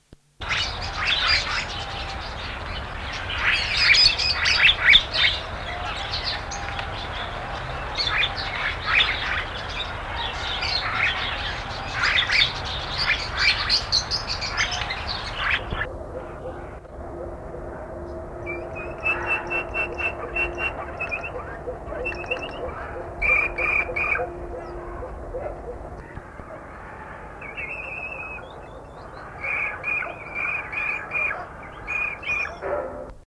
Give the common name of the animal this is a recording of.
Wattled Starling